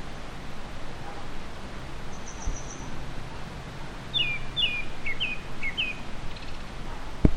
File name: kurotugumi